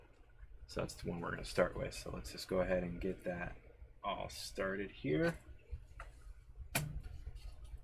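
During a Prusa i3 MK2S to MK3S upgrade, a printed plastic part is being pressed onto the 3D printer frame before its screws are tightened, top first, while someone talks. Two short ticks sound near 6.0 and 6.8 seconds, but the clip ends before the part goes home, and nothing has seated yet.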